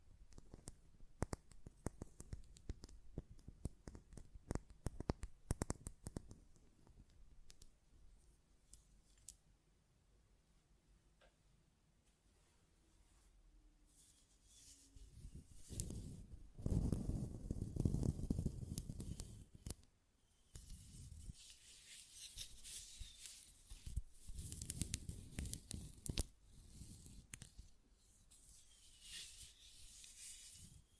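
A glass perfume bottle is tapped in quick, irregular clicks through the first ten seconds, followed by a near-silent pause. From about fifteen seconds, louder scraping and rubbing bursts take over, likely the lid being handled and twisted, with intermittent taps until the end.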